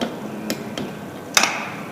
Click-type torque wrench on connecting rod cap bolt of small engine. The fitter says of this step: again make sure the torque wrench clicks